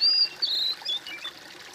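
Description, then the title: Bird song: a clear high whistled note, then shorter sliding whistles, fading into soft hiss. "kOMPILASI suara bird"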